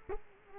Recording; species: mosquito wingbeat signal from an infrared sensor; Culex quinquefasciatus